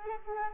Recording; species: mosquito wingbeat signal from an infrared sensor; Culex quinquefasciatus